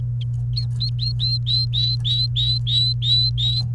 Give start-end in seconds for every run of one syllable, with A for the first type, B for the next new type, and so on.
0.56-3.62 A